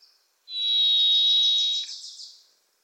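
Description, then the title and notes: Varied thrush song: one long, steady, slightly burry whistled note held over a second, while a Wilson's Warbler's rapid chattering trill runs alongside and past it. Sings from deep within trees in forests of the Pacific Northwest, hard to locate; a Wilson's Warbler sings alongside. "The Varied Thrush, Ixoreus naevius, is a wisp in the forests of the Pacific Northwest."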